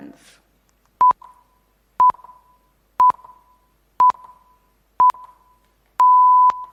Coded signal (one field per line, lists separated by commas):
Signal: radio time signal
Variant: time pips